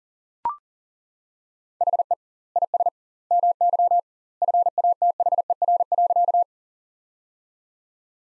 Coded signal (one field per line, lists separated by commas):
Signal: Morse code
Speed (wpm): 37 wpm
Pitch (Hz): 700 Hz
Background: none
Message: HE IS MY FATHER.